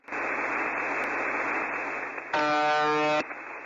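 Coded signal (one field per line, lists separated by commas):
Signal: channel marker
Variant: UVB-76 (The Buzzer)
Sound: radio hiss for two seconds, then one harsh, droning buzz about a second long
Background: radio static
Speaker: its original purpose has been forgotten the sea has been going like this since the start whenever that was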